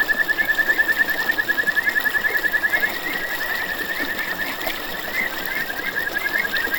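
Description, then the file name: Kajika frog trill, clearly pulsed for the first three seconds, then fading into a softer wavering trill mixed with background hiss. "buergeri"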